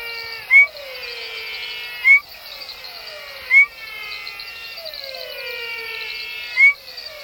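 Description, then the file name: Aplastodiscus perviridis calls, a short sharp rising note repeated every one and a half to three seconds over a dense chorus of other whistles and buzzes. "Aplastodiscus Perviridis"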